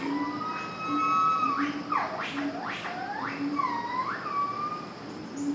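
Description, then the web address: Monkey squeals, a burst of steep up-and-down sweeping cries in the middle seconds, set against a continuous low tonal hum and longer drawn-out whines. Recorded at a monkey cage in a zoo. "sound-effects-bible Zoo Monkey Cage"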